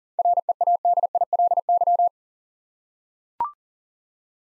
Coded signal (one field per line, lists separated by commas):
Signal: Morse code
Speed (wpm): 38 wpm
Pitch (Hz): 700 Hz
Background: none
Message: READILY